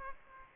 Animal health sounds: mosquito wingbeat signal from an infrared sensor; Aedes aegypti

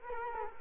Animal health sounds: mosquito wingbeat signal from an infrared sensor; Culex quinquefasciatus

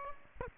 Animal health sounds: mosquito wingbeat signal from an infrared sensor; Aedes aegypti

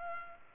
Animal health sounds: mosquito wingbeat signal from an infrared sensor; Culex pipiens

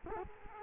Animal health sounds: mosquito wingbeat signal from an infrared sensor; Culex quinquefasciatus

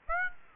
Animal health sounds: mosquito wingbeat signal from an infrared sensor; Aedes aegypti

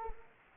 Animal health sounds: mosquito wingbeat signal from an infrared sensor; Anopheles arabiensis

